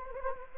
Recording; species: mosquito wingbeat signal from an infrared sensor; Anopheles gambiae